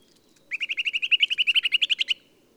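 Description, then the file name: Eurasian nuthatch trilling: a quick, even run of many clear piping notes, rising slightly in pitch, lasting under two seconds. "Sitta europaea"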